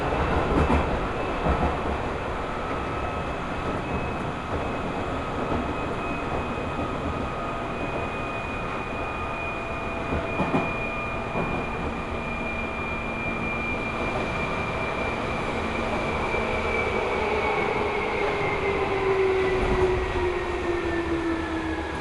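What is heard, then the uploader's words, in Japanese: A Seibu Ikebukuro Line local train runs from Ikebukuro toward Kiyose, its steady rumble filling the whole clip at an even loudness. Thin whining tones hold above the noise, one gliding downward near the end, with occasional knocks and clatters around ten seconds. 西武池袋線普通 池袋→清瀬。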